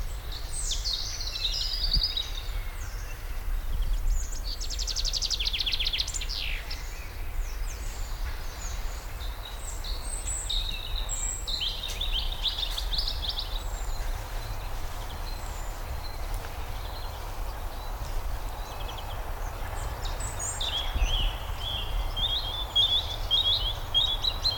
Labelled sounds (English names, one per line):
European Robin